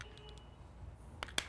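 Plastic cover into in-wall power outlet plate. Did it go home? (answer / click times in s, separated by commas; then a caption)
yes / 1.2 s, 1.4 s. A plastic cover for an in-wall power outlet kit is pressed into the wall plate behind a TV. After faint low hum and light ticks, it snaps into place with two sharp clicks at 1.2 and 1.4 seconds. The cover is seated and is then held in place with two screws on the back.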